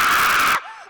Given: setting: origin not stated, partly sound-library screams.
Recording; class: one-second piece from a danger detection set; woman in danger